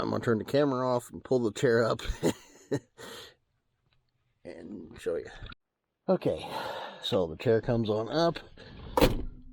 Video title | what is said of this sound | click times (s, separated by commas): 2007 Dodge Grand Minivan for sale in NM. | push it down locks in place and then | 9.0 s